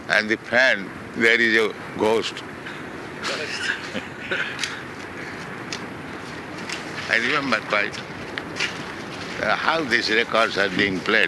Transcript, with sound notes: And the fan, there is a ghost. [laughter] I remember quite. "How these records are being played?